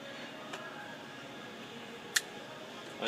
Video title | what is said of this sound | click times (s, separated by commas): 2007+ Ford Expedition Front Window Regulator Replacement | until they click like that and then we're going to go up and over | 2.2 s